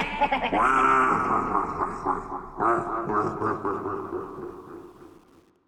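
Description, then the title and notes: Ducks calling in a flock, overlapping nasal, drawn-out harmonic calls that slide downward, with a burst of fresh calls near the middle before fading out. A whole flock of many ducks calling, their calls described as wa wahs. "lots of ducks, a whole flock of wa wahs"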